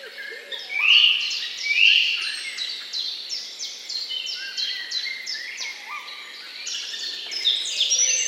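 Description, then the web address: Several birds singing, with two loud whistled phrases early, then scattered high chirps and trills and a few lower rising notes. Morning birdsong. "utrennie pesni ptic"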